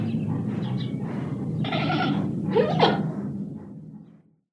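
Giant panda bleating in a few rough, wavering bursts that trail off, with a constant low rumble underneath until the sound stops.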